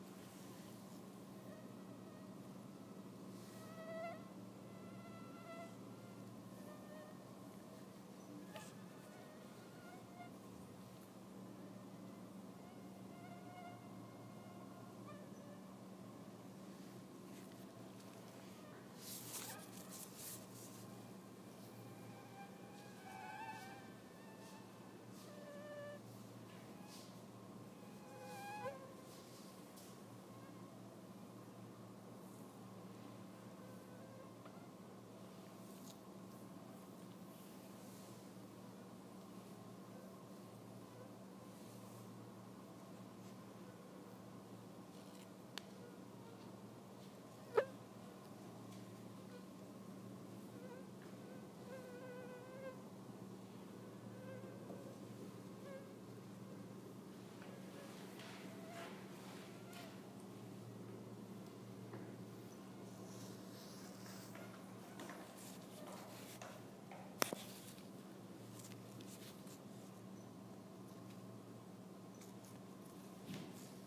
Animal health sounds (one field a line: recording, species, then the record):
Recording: mosquito flight sound by mobile phone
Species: Anopheles minimus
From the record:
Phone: iPhone 6